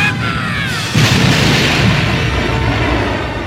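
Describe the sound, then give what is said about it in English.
A chain reaction of large internal explosions in the Death Star rolls into one continuous, thunderous roar, surging heavier after the first second, with a thin whining tone sliding above the rumble at the start. “The blast started a chain reaction of internal explosions.”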